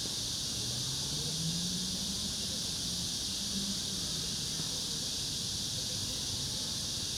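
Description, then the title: Cicadas buzz in a steady, hissing high-pitched drone that holds without a break, with low rumbling background noise beneath. Recorded in summer at Yangjae Citizens Forest, Yangjae 2-dong, Seocho-gu, Seoul, South Korea. "대한민국 서울특별시 서초구 양재2동 235-1-Yangjae Citizens Forest, Summer, Cicada"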